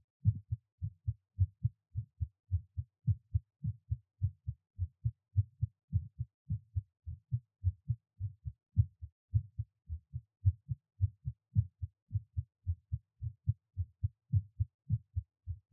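Steady, deep paired thumps, a clear lub-dub, repeat at about 107 beats a minute with an even rhythm. This is a normal adult heartbeat, quickened right after a workout. No added sounds or background noise are heard.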